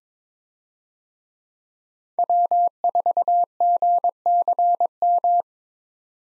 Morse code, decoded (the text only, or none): W4GCM